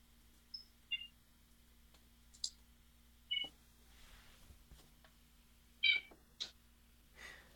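A male cat makes a series of short, high-pitched squeaky meows and chirps, about seven brief calls spaced irregularly over a quiet, faintly humming background with no talking.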